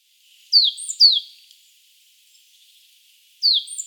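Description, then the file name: Great tit calls: two sharp notes sliding down from high to mid pitch half a second apart, then a pause before a third similar note. "Parus major"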